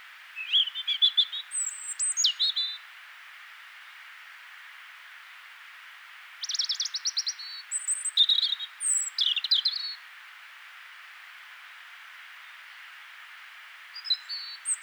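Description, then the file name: European robin song with varied phrases: a brief trill and whistle, then a longer run of buzzy trills and sliding high notes, then a final fragment, over background hiss. "Erithacus rubecula"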